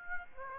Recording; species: mosquito wingbeat signal from an infrared sensor; Aedes aegypti